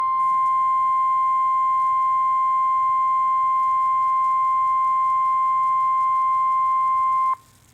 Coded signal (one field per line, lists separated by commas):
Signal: Emergency Alert System (SAME) tones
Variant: 1050 Hz attention tone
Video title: EAS #1,393 Online NOAA Weather Radio Severe Thunderstorm Watch #405 6/12/24